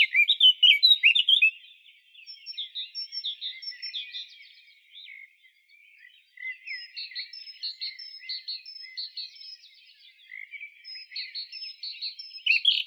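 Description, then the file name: Eurasian blackcap song, a loud warbling phrase at the start, then softer chattering and a series of short high repeated whistles, another loud phrase at the end. "Sylvia atricapilla"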